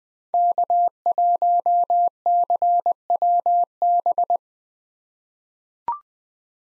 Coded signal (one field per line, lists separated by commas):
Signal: Morse code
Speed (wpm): 20 wpm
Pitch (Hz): 700 Hz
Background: none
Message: K1CWB